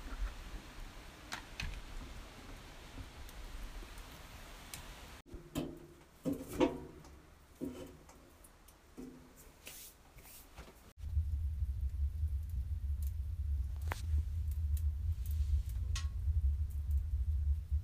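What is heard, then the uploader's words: Faint crackles and scattered footsteps, then after a cut a steady low roar of a sauna fire with sharp pops and snaps over it. Sauna in Finland. Walk back to sauna with fire sounds.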